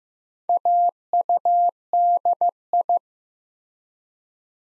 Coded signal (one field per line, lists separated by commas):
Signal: Morse code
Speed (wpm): 15 wpm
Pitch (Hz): 700 Hz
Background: none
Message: AUDI